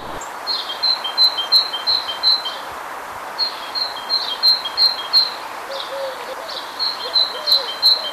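Great tit song: ringing two-note see-saw phrases repeated quickly in three bursts separated by short pauses, with faint low background noise.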